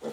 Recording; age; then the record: pig call; piglet (1 to 25 days)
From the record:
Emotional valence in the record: negative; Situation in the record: missed nursing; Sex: male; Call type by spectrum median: low-frequency call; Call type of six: low-frequency stable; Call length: 0.12 s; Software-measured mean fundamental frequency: 51 Hz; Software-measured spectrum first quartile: 371 Hz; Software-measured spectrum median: 506 Hz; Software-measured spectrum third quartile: 928 Hz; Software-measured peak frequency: 482 Hz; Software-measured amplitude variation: 128 dB a second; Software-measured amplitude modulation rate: 4.1 a second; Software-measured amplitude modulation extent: 31.4 dB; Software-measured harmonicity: 3.1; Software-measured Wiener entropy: -0.58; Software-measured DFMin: 987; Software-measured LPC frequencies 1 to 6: 491, 1828, 3424, 4223, 5177, 5876 Hz